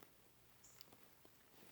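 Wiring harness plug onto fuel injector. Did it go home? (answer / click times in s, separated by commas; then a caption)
no / none. A wiring harness plug is pushed back onto a fuel injector on the engine, seeming fully on but with no click, and the separate locking tab is still to be pushed. Only quiet handling noise is heard, with two faint, brief ticks near 0.0 s and 0.8 s. The connector has not clicked or seated yet.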